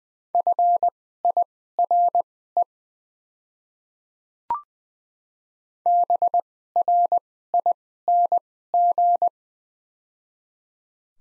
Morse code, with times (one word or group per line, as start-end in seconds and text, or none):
0.3-2.6 FIRE
5.9-9.3 BRING